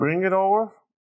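The plastic bottom cover of a Dell Inspiron 16 5620 laptop is handled and brought over to the laptop chassis while someone talks for about 0.7 seconds. No clips have snapped in, and nothing has seated or clicked yet.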